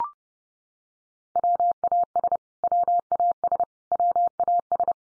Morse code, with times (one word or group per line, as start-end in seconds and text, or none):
1.4-2.4 WAS
2.6-3.6 WAS
3.9-4.9 WAS